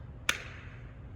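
A second plastic end cap, lined up by its dot, is pushed onto a push-up bar handle. A single sharp snap rings out at 0.3 s over a low steady hum and fades quickly. The end cap is seated on the handle.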